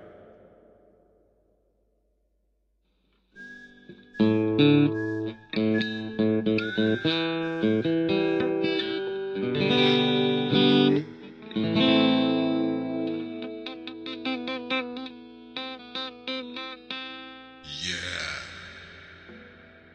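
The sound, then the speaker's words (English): Electric guitar played through effects: a run of bright, ringing notes and chords with a processed, shimmering tone, preceded by a soft breathy sound and ending in a noisy burst. “Your shitty guitar sound same like before.”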